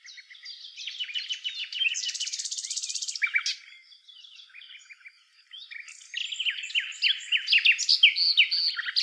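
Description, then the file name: Common nightingale song: a fast buzzing rattle, then sharp repeated notes, a quieter pause, and a loud run of rapid repeated chirps and whistles. "Luscinia megarhynchos"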